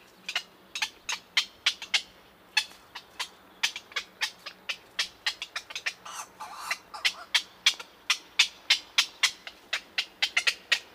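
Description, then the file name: Black-crowned night heron giving a rapid, uneven series of short, sharp clicks, several per second, keeping up steadily throughout. "Black-crowned Night-heron - Nycticorax nycticorax"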